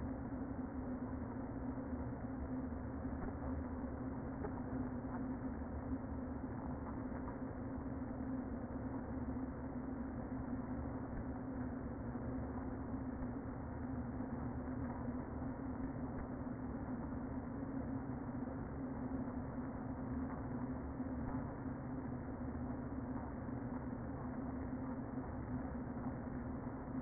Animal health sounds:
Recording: honeybee colony, microphone inside the hive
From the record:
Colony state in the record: queen present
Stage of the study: before two queens were removed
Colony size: about 60,000 bees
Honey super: yes

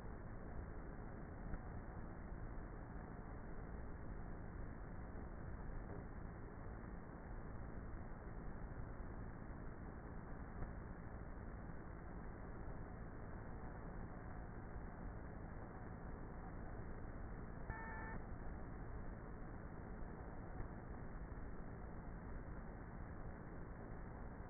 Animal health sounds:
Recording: honeybee colony, microphone inside the hive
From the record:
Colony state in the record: queenless with a low population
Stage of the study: before two queens were removed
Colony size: about 30,000 bees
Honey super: no

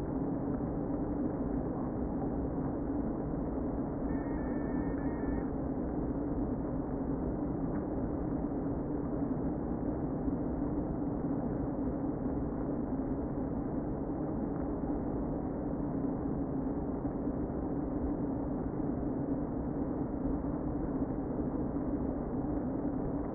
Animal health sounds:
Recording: honeybee colony, microphone inside the hive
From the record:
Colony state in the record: queen present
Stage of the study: before two queens were removed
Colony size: about 60,000 bees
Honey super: yes

